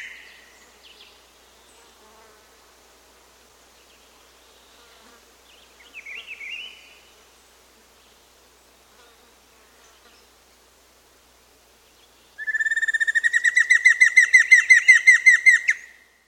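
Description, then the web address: Giant antshrike song: a fast series of ringing notes lasting a few seconds and growing louder at first, after quieter scattered sounds. South America. "Natures Songs S America Giant Antshrike"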